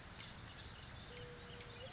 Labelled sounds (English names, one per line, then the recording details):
California Towhee
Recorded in Sonoma County, California